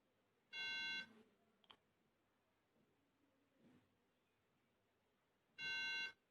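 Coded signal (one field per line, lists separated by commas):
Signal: beep code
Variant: Apple Mac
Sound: a single half-second beep, silence, then the same beep again five seconds later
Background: faint room noise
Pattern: 1 long, repeating every 5 seconds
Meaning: The RAM is faulty or not seated properly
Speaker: अगर आपकी नैक इस तरह आवाज दे रही है और स्क्रीन विश्वास नहीं कर रही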